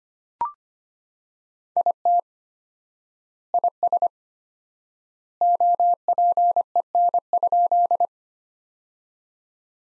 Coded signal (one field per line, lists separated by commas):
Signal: Morse code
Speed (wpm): 25 wpm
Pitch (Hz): 700 Hz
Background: none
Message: IT IS OPEN?